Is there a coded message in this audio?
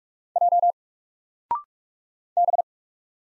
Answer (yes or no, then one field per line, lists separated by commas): yes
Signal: Morse code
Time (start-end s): 0.4-2.6 s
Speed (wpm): 47 wpm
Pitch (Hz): 700 Hz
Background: none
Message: J B